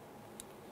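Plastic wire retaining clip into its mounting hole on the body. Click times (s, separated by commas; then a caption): 0.4 s. A plastic twist-tie wire retaining clip holding the downstream O2 sensor wire on a 2005-2010 Chrysler 300 is pushed into its mounting hole on the body. Against a steady low background, one short, sharp click is heard at 0.4 s as the clip pops in and seats.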